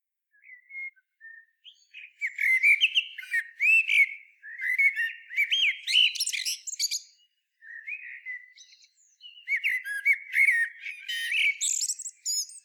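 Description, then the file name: Common blackbird song: soft whistled notes open, then rich fluting warbles laced with thin, high, scratchy twitters, in two long bursts separated by a short pause. "Turdus merula"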